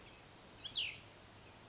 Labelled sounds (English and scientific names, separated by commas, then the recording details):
Cassin's Vireo (Vireo cassinii)
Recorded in Sonoma County, California